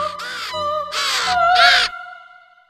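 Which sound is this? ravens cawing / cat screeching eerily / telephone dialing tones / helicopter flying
ravens cawing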